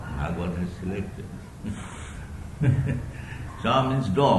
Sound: laughs

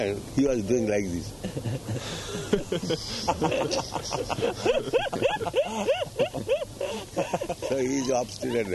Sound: laughter

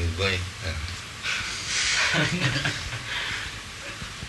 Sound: laughter

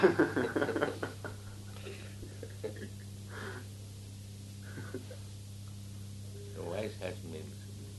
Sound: laughter

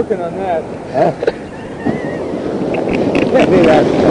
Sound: laughs

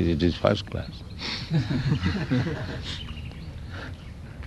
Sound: laughter

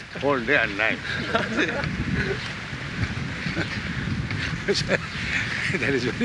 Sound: laughing

